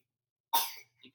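One short, sharp cough from a young boy in the background, heard at a distance, followed by a faint catch of breath.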